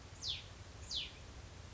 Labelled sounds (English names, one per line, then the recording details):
Hutton's Vireo
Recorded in Sonoma County, California